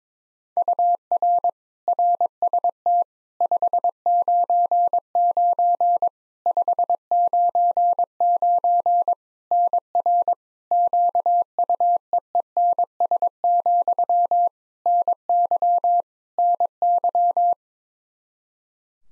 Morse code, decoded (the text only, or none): UR RST 599 599 NR QUEENS, NY NY